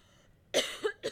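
Quiet pause, then a quick run of three short, dry cough bursts from an adult woman, attributed to allergy season.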